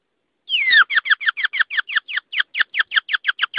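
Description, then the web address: Rock hyrax call: one long descending note, then a fast series of short chirping notes. "aswat Wabbar 01"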